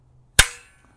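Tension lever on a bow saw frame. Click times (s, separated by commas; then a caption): 0.4 s. The tension lever of a folding bow saw is swung closed against the frame, tensioning the blade until the lever snaps into place. A single sharp, loud snap rings out at 0.4 s and its ringing tail fades over about a quarter second. The lever ends up seated and the blade is tensioned.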